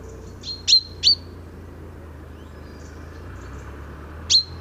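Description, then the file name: Common chaffinch calling with bright, clipped metallic notes, two in quick succession and then one more after a pause of about three seconds, with a faint low rumble beneath. "Fringilla coelebs"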